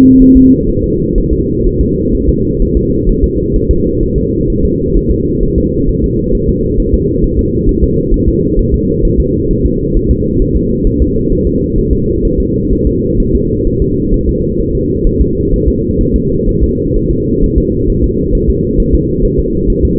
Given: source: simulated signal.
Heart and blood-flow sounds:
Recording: fetal heart sounds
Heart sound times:
0.22 s: S1
0.37 s: S2
0.70 s: S1
0.84 s: S2
1.18 s: S1
1.33 s: S2
1.66 s: S1
1.81 s: S2
2.15 s: S1
2.29 s: S2
2.62 s: S1
2.77 s: S2
3.09 s: S1
3.24 s: S2
3.56 s: S1
3.71 s: S2
4.03 s: S1
4.18 s: S2
4.50 s: S1
4.65 s: S2
4.97 s: S1
5.11 s: S2
5.43 s: S1
5.58 s: S2
5.89 s: S1
6.04 s: S2
6.35 s: S1
6.49 s: S2
6.80 s: S1
6.94 s: S2
7.24 s: S1
7.39 s: S2
7.69 s: S1
7.84 s: S2
8.14 s: S1
8.28 s: S2
8.59 s: S1
8.74 s: S2
9.05 s: S1
9.20 s: S2
9.51 s: S1
9.66 s: S2
9.96 s: S1
10.11 s: S2
10.42 s: S1
10.56 s: S2
10.87 s: S1
11.02 s: S2
11.32 s: S1
11.47 s: S2
11.78 s: S1
11.93 s: S2
12.25 s: S1
12.40 s: S2
12.73 s: S1
12.87 s: S2
13.20 s: S1
13.35 s: S2
13.67 s: S1
13.82 s: S2
14.14 s: S1
14.29 s: S2
14.60 s: S1
14.75 s: S2
15.07 s: S1
15.21 s: S2
15.54 s: S1
15.68 s: S2
16.01 s: S1
16.16 s: S2
16.49 s: S1
16.63 s: S2
16.96 s: S1
17.11 s: S2
17.44 s: S1
17.58 s: S2
17.90 s: S1
18.04 s: S2
18.35 s: S1
18.50 s: S2
18.80 s: S1
18.95 s: S2
19.25 s: S1
19.40 s: S2
19.70 s: S1
19.85 s: S2
From the record:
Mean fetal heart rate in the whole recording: 130 bpm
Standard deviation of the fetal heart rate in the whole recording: 4 bpm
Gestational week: 38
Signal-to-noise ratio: -14.7 dB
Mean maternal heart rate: 72 bpm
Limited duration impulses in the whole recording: present

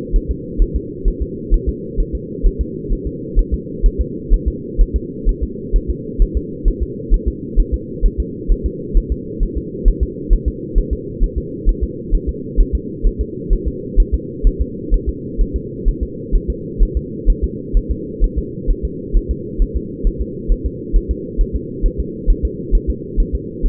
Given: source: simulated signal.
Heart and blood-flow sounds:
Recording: fetal heart sounds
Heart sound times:
0.16 s: S1
0.31 s: S2
0.62 s: S1
0.76 s: S2
1.08 s: S1
1.22 s: S2
1.54 s: S1
1.69 s: S2
2.00 s: S1
2.15 s: S2
2.46 s: S1
2.61 s: S2
2.93 s: S1
3.07 s: S2
3.39 s: S1
3.54 s: S2
3.86 s: S1
4.01 s: S2
4.34 s: S1
4.48 s: S2
4.81 s: S1
4.96 s: S2
5.29 s: S1
5.43 s: S2
5.76 s: S1
5.90 s: S2
6.22 s: S1
6.37 s: S2
6.68 s: S1
6.83 s: S2
7.14 s: S1
7.28 s: S2
7.60 s: S1
7.74 s: S2
8.06 s: S1
8.20 s: S2
8.52 s: S1
8.66 s: S2
8.97 s: S1
9.12 s: S2
9.43 s: S1
9.58 s: S2
9.88 s: S1
10.03 s: S2
10.33 s: S1
10.48 s: S2
10.78 s: S1
10.93 s: S2
11.23 s: S1
11.38 s: S2
11.69 s: S1
11.84 s: S2
12.15 s: S1
12.29 s: S2
12.60 s: S1
12.75 s: S2
13.07 s: S1
13.21 s: S2
13.53 s: S1
13.68 s: S2
14.00 s: S1
14.14 s: S2
14.47 s: S1
14.61 s: S2
14.94 s: S1
15.09 s: S2
15.41 s: S1
15.56 s: S2
15.88 s: S1
16.03 s: S2
16.36 s: S1
16.50 s: S2
16.83 s: S1
16.97 s: S2
17.30 s: S1
17.44 s: S2
17.77 s: S1
17.91 s: S2
18.24 s: S1
18.38 s: S2
18.70 s: S1
18.85 s: S2
19.17 s: S1
19.31 s: S2
19.62 s: S1
19.77 s: S2
20.07 s: S1
20.21 s: S2
20.52 s: S1
20.66 s: S2
20.96 s: S1
21.11 s: S2
21.41 s: S1
21.56 s: S2
21.86 s: S1
22.00 s: S2
22.30 s: S1
22.45 s: S2
22.75 s: S1
22.90 s: S2
23.20 s: S1
23.35 s: S2
23.66 s: S1
From the record:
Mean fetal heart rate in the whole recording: 130 bpm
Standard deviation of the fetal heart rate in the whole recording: 2 bpm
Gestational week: 38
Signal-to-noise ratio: -4.1 dB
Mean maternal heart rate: no maternal heart sound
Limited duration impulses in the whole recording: absent

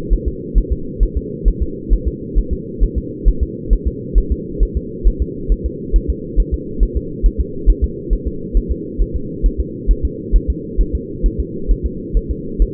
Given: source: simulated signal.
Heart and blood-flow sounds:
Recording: fetal heart sounds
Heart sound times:
0.13 s: S1
0.28 s: S2
0.58 s: S1
0.72 s: S2
1.03 s: S1
1.17 s: S2
1.48 s: S1
1.62 s: S2
1.93 s: S1
2.08 s: S2
2.38 s: S1
2.53 s: S2
2.83 s: S1
2.98 s: S2
3.28 s: S1
3.43 s: S2
3.73 s: S1
3.87 s: S2
4.18 s: S1
4.32 s: S2
4.63 s: S1
4.77 s: S2
5.07 s: S1
5.22 s: S2
5.52 s: S1
5.66 s: S2
5.96 s: S1
6.10 s: S2
6.40 s: S1
6.54 s: S2
6.83 s: S1
6.97 s: S2
7.26 s: S1
7.40 s: S2
7.69 s: S1
7.84 s: S2
8.13 s: S1
8.28 s: S2
8.57 s: S1
8.72 s: S2
9.02 s: S1
9.16 s: S2
9.46 s: S1
9.60 s: S2
9.91 s: S1
10.05 s: S2
10.36 s: S1
10.50 s: S2
10.81 s: S1
10.95 s: S2
11.26 s: S1
11.40 s: S2
11.71 s: S1
11.86 s: S2
12.17 s: S1
12.31 s: S2
12.62 s: S1
From the record:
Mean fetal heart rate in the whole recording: 135 bpm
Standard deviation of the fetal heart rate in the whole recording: 3 bpm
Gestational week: 36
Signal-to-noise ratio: -4.3 dB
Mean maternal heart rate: 72 bpm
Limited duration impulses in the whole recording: absent

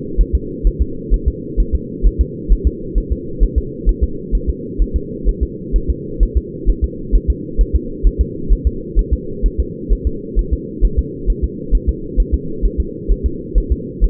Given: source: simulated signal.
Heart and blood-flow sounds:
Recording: fetal heart sounds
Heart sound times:
0.21 s: S1
0.35 s: S2
0.67 s: S1
0.82 s: S2
1.14 s: S1
1.28 s: S2
1.60 s: S1
1.75 s: S2
2.06 s: S1
2.21 s: S2
2.52 s: S1
2.67 s: S2
2.98 s: S1
3.12 s: S2
3.43 s: S1
3.58 s: S2
3.89 s: S1
4.03 s: S2
4.35 s: S1
4.50 s: S2
4.82 s: S1
4.96 s: S2
5.29 s: S1
5.43 s: S2
5.76 s: S1
5.90 s: S2
6.23 s: S1
6.37 s: S2
6.70 s: S1
6.84 s: S2
7.16 s: S1
7.30 s: S2
7.61 s: S1
7.76 s: S2
8.07 s: S1
8.21 s: S2
8.53 s: S1
8.67 s: S2
8.99 s: S1
9.13 s: S2
9.46 s: S1
9.60 s: S2
9.93 s: S1
10.07 s: S2
10.39 s: S1
10.53 s: S2
10.85 s: S1
10.99 s: S2
11.30 s: S1
11.44 s: S2
11.75 s: S1
11.89 s: S2
12.20 s: S1
12.34 s: S2
12.66 s: S1
12.80 s: S2
13.12 s: S1
13.26 s: S2
13.58 s: S1
13.72 s: S2
14.04 s: S1
From the record:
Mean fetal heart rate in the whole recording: 130 bpm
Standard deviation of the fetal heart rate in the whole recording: 2 bpm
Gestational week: 36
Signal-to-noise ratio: -4.3 dB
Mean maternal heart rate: 72 bpm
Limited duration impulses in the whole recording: absent

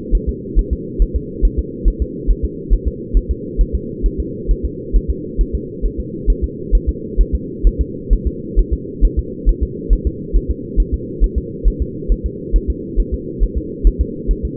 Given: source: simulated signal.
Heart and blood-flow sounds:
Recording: fetal heart sounds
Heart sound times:
0.15 s: S1
0.29 s: S2
0.59 s: S1
0.73 s: S2
1.02 s: S1
1.16 s: S2
1.45 s: S1
1.59 s: S2
1.88 s: S1
2.02 s: S2
2.31 s: S1
2.45 s: S2
2.73 s: S1
2.88 s: S2
3.17 s: S1
3.31 s: S2
3.61 s: S1
3.75 s: S2
4.06 s: S1
4.20 s: S2
4.51 s: S1
4.65 s: S2
4.96 s: S1
5.10 s: S2
5.41 s: S1
5.55 s: S2
5.86 s: S1
6.00 s: S2
6.30 s: S1
6.44 s: S2
6.75 s: S1
6.89 s: S2
7.21 s: S1
7.35 s: S2
7.67 s: S1
7.81 s: S2
8.13 s: S1
8.27 s: S2
8.59 s: S1
8.73 s: S2
9.05 s: S1
9.19 s: S2
9.49 s: S1
9.63 s: S2
9.93 s: S1
10.07 s: S2
10.37 s: S1
10.50 s: S2
10.80 s: S1
10.94 s: S2
11.24 s: S1
11.38 s: S2
11.68 s: S1
11.82 s: S2
12.12 s: S1
12.26 s: S2
12.56 s: S1
12.70 s: S2
13.00 s: S1
13.14 s: S2
13.43 s: S1
13.57 s: S2
13.87 s: S1
14.01 s: S2
14.31 s: S1
14.45 s: S2
From the record:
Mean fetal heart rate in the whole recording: 135 bpm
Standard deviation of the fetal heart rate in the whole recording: 3 bpm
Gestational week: 36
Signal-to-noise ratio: -4.1 dB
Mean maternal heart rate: no maternal heart sound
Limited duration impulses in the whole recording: absent

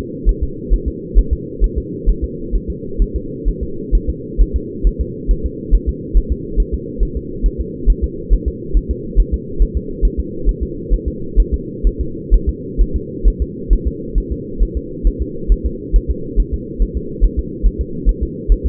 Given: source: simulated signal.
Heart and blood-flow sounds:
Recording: fetal heart sounds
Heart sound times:
0.29 s: S1
0.43 s: S2
0.74 s: S1
0.88 s: S2
1.19 s: S1
1.33 s: S2
1.64 s: S1
1.78 s: S2
2.09 s: S1
2.24 s: S2
2.56 s: S1
2.70 s: S2
3.02 s: S1
3.16 s: S2
3.48 s: S1
3.63 s: S2
3.95 s: S1
4.10 s: S2
4.41 s: S1
4.56 s: S2
4.87 s: S1
5.01 s: S2
5.31 s: S1
5.46 s: S2
5.75 s: S1
5.89 s: S2
6.17 s: S1
6.32 s: S2
6.60 s: S1
6.74 s: S2
7.03 s: S1
7.17 s: S2
7.46 s: S1
7.60 s: S2
7.90 s: S1
8.04 s: S2
8.33 s: S1
8.48 s: S2
8.77 s: S1
8.91 s: S2
9.20 s: S1
9.34 s: S2
9.62 s: S1
9.77 s: S2
10.05 s: S1
10.20 s: S2
10.49 s: S1
10.63 s: S2
10.94 s: S1
11.08 s: S2
11.40 s: S1
11.54 s: S2
11.87 s: S1
12.01 s: S2
12.34 s: S1
12.49 s: S2
12.81 s: S1
12.96 s: S2
13.28 s: S1
13.42 s: S2
13.73 s: S1
13.87 s: S2
14.18 s: S1
14.32 s: S2
14.63 s: S1
14.77 s: S2
15.07 s: S1
15.22 s: S2
15.52 s: S1
15.66 s: S2
15.96 s: S1
16.10 s: S2
16.40 s: S1
16.54 s: S2
16.82 s: S1
16.97 s: S2
17.25 s: S1
17.39 s: S2
17.66 s: S1
17.81 s: S2
18.09 s: S1
18.23 s: S2
18.52 s: S1
18.66 s: S2
From the record:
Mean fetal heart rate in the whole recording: 135 bpm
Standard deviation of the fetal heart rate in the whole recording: 3 bpm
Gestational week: 36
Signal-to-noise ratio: -4.3 dB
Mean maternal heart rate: 72 bpm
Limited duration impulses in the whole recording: absent

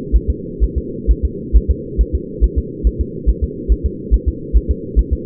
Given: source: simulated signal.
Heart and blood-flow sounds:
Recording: fetal heart sounds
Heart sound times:
0.16 s: S1
0.30 s: S2
0.64 s: S1
0.78 s: S2
1.11 s: S1
1.25 s: S2
1.56 s: S1
1.71 s: S2
2.01 s: S1
2.15 s: S2
2.44 s: S1
2.58 s: S2
2.87 s: S1
3.01 s: S2
3.29 s: S1
3.44 s: S2
3.72 s: S1
3.86 s: S2
4.14 s: S1
4.28 s: S2
4.56 s: S1
4.71 s: S2
4.99 s: S1
5.13 s: S2
From the record:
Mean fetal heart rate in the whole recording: 135 bpm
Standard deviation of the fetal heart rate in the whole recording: 3 bpm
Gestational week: 34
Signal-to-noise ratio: -4.1 dB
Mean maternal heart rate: no maternal heart sound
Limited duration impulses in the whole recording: absent

